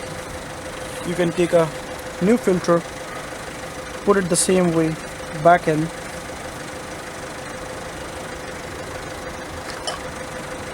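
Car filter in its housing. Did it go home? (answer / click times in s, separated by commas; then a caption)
no / none. A new car filter is being put back into its housing the same way as the old one while someone talks in short bursts over a steady low hum. Nothing has seated or clicked yet; the clip ends before the filter goes home.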